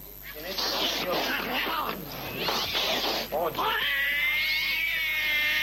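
A cat caterwauls in long, wavering yowls that rise and fall in pitch, loud and nearly continuous, ending on a sustained, drawn-out high wail.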